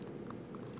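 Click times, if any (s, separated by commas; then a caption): none. A microSD card is pushed down into the top slot of a TaoTronics TT-CD03 2.7" TFT LCD car DVR dashcam mirror, but fingernails not long enough keep it from going all the way in. Only two faint, short taps are heard, at 0.3 s and 0.6 s, over a steady low background hum. The card has not seated or clicked yet.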